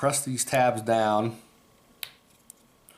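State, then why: Seated. Someone talks, then a fingertip presses the small plastic brake tabs of a baitcasting reel's centrifugal brake system down, switching them from off to on so they create friction against the spool shaft. Three sharp, short clicks sound at 2.0, 2.5 and 2.9 seconds as the tabs click into position, now seated in the on position.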